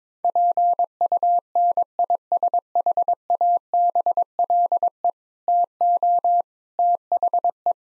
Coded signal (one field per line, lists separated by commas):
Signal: Morse code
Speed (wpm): 22 wpm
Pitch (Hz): 700 Hz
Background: none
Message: PUNISHABLE TO THE